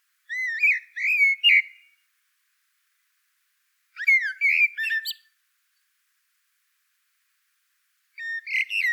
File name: Turdus merula